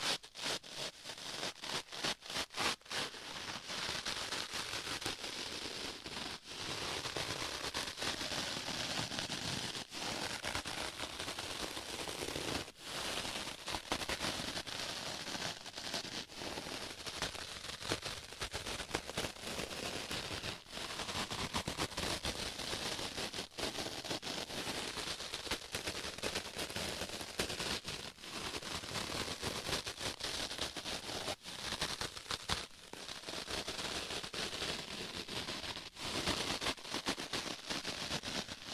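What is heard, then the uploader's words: Sponges rub, scratch and squish close against a microphone in a dense, bright, crackling texture, with frequent sharp clicks and brief gaps throughout. ASMR Sponges on Mic Scratching, Brushing, Squishing, Crinkle etc No Talking.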